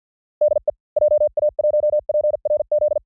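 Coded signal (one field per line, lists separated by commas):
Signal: Morse code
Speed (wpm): 50 wpm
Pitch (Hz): 600 Hz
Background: none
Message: DE JA1PRZ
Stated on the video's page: Random Japanese call signs sent in Morse at speeds from 45 to 55 WPM, 400 calls, for training.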